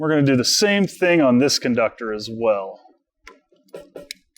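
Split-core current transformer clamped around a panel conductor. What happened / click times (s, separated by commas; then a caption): Handled, not yet home: clamp-on sensor being closed around a conductor / none. Someone talks while a split-core current transformer is handled and closed around a second panel conductor. Brief, quiet handling ticks and clicks follow after the talking. The clip ends before the part goes home, and nothing has seated or clicked yet.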